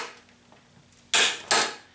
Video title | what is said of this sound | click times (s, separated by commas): Kobalt 1/2" Corded 8.0amp Electric Impact Wrench | and that loud click you hear signifies that it did hit the 250 Mark | 1.1 s